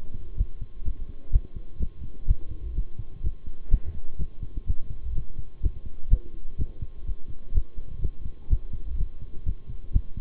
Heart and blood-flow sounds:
heart sounds by stethoscope; between the tricuspid and mitral areas; 126 bpm
0.37 s: heartbeat
0.85 s: heartbeat
1.32 s: heartbeat
1.80 s: heartbeat
2.27 s: heartbeat
2.75 s: heartbeat
3.23 s: heartbeat
3.71 s: heartbeat
4.19 s: heartbeat
4.67 s: heartbeat
5.15 s: heartbeat
5.62 s: heartbeat
6.10 s: heartbeat
6.58 s: heartbeat
7.06 s: heartbeat
7.54 s: heartbeat
8.02 s: heartbeat
8.50 s: heartbeat
8.98 s: heartbeat
9.46 s: heartbeat
9.93 s: heartbeat
From the record:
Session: bicycle stress test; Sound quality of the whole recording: good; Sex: male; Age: 23 years

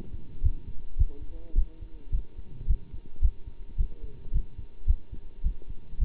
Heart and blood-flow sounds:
heart sounds by stethoscope; between the tricuspid and mitral areas; 108 bpm
0.43 s: heartbeat
0.98 s: heartbeat
1.55 s: heartbeat
2.12 s: heartbeat
2.67 s: heartbeat
3.22 s: heartbeat
3.77 s: heartbeat
4.32 s: heartbeat
4.87 s: heartbeat
5.43 s: heartbeat
5.99 s: heartbeat
From the record:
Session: bicycle stress test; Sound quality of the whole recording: good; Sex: male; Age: 27 years

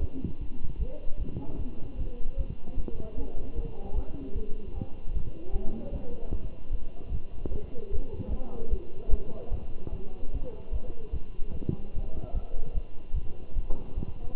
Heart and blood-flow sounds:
heart sounds by stethoscope; between the tricuspid and mitral areas; 150 bpm
0.40 s: heartbeat
0.79 s: heartbeat
1.18 s: heartbeat
1.58 s: heartbeat
1.98 s: heartbeat
2.37 s: heartbeat
2.76 s: heartbeat
3.17 s: heartbeat
3.56 s: heartbeat
3.95 s: heartbeat
4.34 s: heartbeat
4.74 s: heartbeat
5.13 s: heartbeat
5.52 s: heartbeat
5.92 s: heartbeat
6.32 s: heartbeat
6.71 s: heartbeat
7.11 s: heartbeat
7.51 s: heartbeat
7.91 s: heartbeat
8.30 s: heartbeat
8.70 s: heartbeat
9.10 s: heartbeat
9.51 s: heartbeat
9.92 s: heartbeat
10.33 s: heartbeat
10.72 s: heartbeat
11.12 s: heartbeat
11.53 s: heartbeat
11.94 s: heartbeat
12.34 s: heartbeat
12.74 s: heartbeat
13.14 s: heartbeat
13.55 s: heartbeat
13.96 s: heartbeat
From the record:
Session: Bruce protocol treadmill stress test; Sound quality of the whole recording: good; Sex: male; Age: 23 years

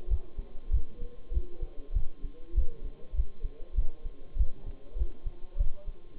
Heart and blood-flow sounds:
heart sounds by stethoscope; between the tricuspid and mitral areas; 98 bpm
0.09 s: heartbeat
0.72 s: heartbeat
1.33 s: heartbeat
1.94 s: heartbeat
2.55 s: heartbeat
3.16 s: heartbeat
3.76 s: heartbeat
4.37 s: heartbeat
4.98 s: heartbeat
5.58 s: heartbeat
From the record:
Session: Bruce protocol treadmill stress test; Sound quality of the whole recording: partially saturated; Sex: male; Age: 23 years

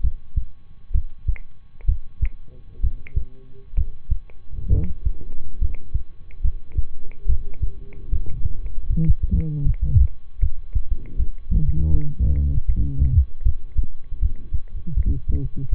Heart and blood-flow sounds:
heart sounds by stethoscope; between the tricuspid and mitral areas; 73 bpm
0.91 s: heartbeat
1.85 s: heartbeat
2.79 s: heartbeat
3.73 s: heartbeat
4.68 s: heartbeat
5.57 s: heartbeat
6.40 s: heartbeat
7.25 s: heartbeat
8.08 s: heartbeat
8.86 s: heartbeat
9.62 s: heartbeat
10.39 s: heartbeat
11.15 s: heartbeat
11.90 s: heartbeat
12.65 s: heartbeat
13.42 s: heartbeat
14.19 s: heartbeat
14.93 s: heartbeat
15.69 s: heartbeat
From the record:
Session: rest, lying down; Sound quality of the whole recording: good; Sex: male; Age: 23 years

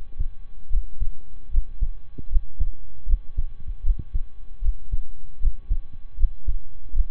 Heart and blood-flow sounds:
heart sounds by stethoscope; between the tricuspid and mitral areas; 77 bpm
0.69 s: heartbeat
1.50 s: heartbeat
2.29 s: heartbeat
3.06 s: heartbeat
3.82 s: heartbeat
4.61 s: heartbeat
5.39 s: heartbeat
6.16 s: heartbeat
6.92 s: heartbeat
From the record:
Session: slow and fast walking with breaks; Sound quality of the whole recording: saturated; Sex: male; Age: 25 years

